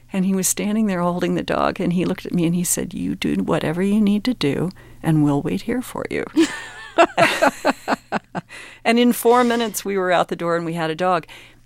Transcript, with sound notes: And he was standing there holding the dog, and he looked at me and he said, you do whatever you need to do, and we'll wait here for you.
(LAUGHTER)
And in four minutes, we were out the door, and we had a dog.